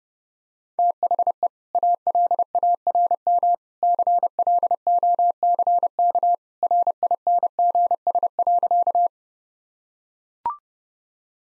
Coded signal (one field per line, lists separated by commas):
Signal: Morse code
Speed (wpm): 30 wpm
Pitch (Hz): 700 Hz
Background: none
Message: THE ALARM CLOCK RINGS.